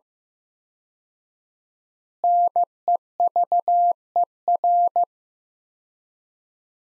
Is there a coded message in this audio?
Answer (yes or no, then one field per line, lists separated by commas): yes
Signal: Morse code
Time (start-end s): 2.2-5.0 s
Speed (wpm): 16 wpm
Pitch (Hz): 700 Hz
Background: none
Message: NEVER